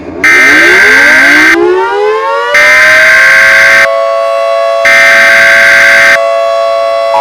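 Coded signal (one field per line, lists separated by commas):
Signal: Emergency Alert System (SAME) tones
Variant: header bursts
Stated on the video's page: Fictional EAS doomsday scenario.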